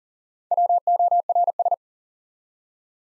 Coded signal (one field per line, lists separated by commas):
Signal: Morse code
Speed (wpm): 39 wpm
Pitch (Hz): 700 Hz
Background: none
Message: WORS